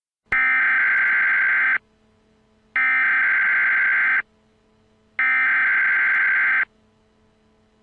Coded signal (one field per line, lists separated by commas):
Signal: Emergency Alert System (SAME) tones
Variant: header bursts